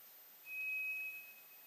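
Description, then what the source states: White's thrush single pure whistle, unchanging in pitch, sustained for about three quarters of a second over low hiss. Recorded 2 July 2007.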